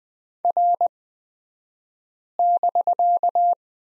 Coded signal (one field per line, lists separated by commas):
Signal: Morse code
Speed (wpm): 20 wpm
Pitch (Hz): 700 Hz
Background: none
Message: R<BK>